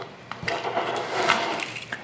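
The two plastic halves of a Honda Goldwing motorcycle smart key case are pressed back together after a battery replacement, starting at the key-ring end. Snapping clicks are heard at 0.3, 0.5, 1.3, 1.6 and 1.9 seconds. The case only partly closes, with a small gap still open, so it is not fully seated.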